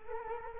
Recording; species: mosquito wingbeat signal from an infrared sensor; Culex quinquefasciatus